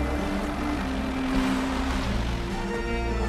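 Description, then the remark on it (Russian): A cherry-red Zhiguli car's engine rumbles steadily with a low droning hum and a broad wash of road noise as the vehicle pulls off, holding at a fairly even loudness throughout. “Тренер медленно выходит из машины, закрывает дверь. Тяжело вздыхает. Смотрит вверх. Машина отъезжает.”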